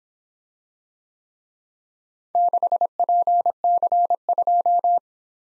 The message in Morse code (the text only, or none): 6PC2